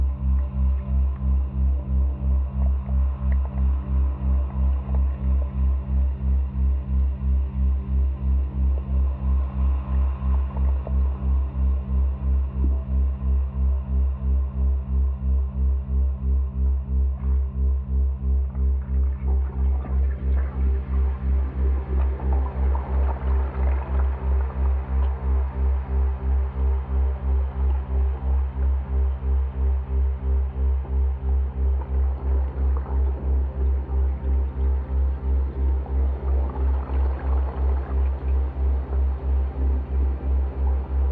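A slowed, resonated dishwasher recording forms a dense, swirling drone anchored by a heavy, steady low hum with a regular pulsing throb. Above it, hazy midrange tones drift and swell, growing busier after about twenty seconds with brief brighter flurries near 23 and 37 seconds.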